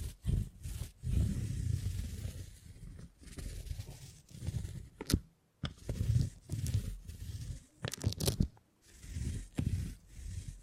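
Beeswax being handled in uneven bursts of soft, low crunching and rubbing, with sharp crackles and tearing snaps around five and eight seconds.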